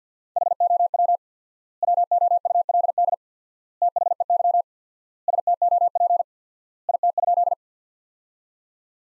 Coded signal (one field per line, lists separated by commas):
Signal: Morse code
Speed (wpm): 50 wpm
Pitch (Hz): 700 Hz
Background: none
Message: HOW WOULD THEY STOP IT?